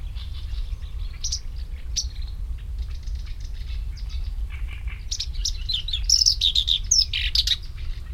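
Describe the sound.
Black-browed reed warbler song: scratchy, varied phrases that start sparse, then grow into a dense burst of high whistles and chatters near the end, with a low background rumble.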